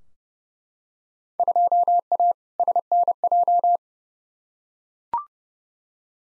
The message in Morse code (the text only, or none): 2A SNJ